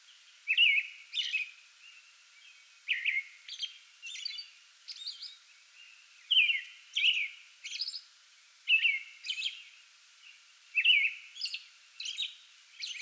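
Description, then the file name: American robin caroling: rich whistled phrases come in grouped bursts with short pauses, mixed with thin high squeaky notes, over a quiet hiss. Singing before dawn from a small tree in a front yard, 8 May 2022. "2022-05-08 American Robin pre-dawn singing from small tree in front yard"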